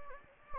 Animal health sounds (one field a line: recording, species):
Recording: mosquito wingbeat signal from an infrared sensor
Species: Anopheles gambiae